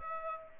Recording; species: mosquito wingbeat signal from an infrared sensor; Aedes aegypti